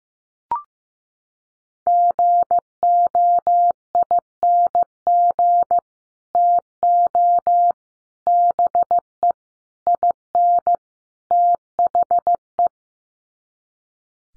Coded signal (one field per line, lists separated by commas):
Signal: Morse code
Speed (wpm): 14 wpm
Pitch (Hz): 700 Hz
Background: none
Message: GOING TO BE IN THE